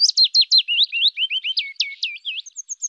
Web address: Phylloscoupus trochilus